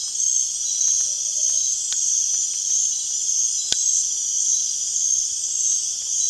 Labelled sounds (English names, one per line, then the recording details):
none
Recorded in dense forest near Puerto Asís, Putumayo, Colombia, on 25 June 2025 at 19:30
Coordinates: 0.466, -76.327
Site GP04